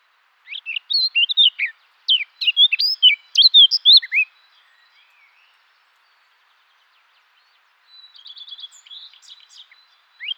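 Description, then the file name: Eurasian blackcap warbling song, a rapid jumble of high twittering notes for about four seconds, then a quieter scratchy phrase near the end. "Sylvia atricapilla"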